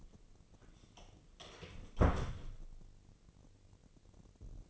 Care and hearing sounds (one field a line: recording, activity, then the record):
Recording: daily activity, microphone in the room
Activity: close door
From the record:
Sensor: 4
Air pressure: 1013.2 hPa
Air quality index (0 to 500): 179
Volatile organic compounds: 2 ppm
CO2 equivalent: 1126 ppm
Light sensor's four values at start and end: 98/245/101/108 and 74/181/77/77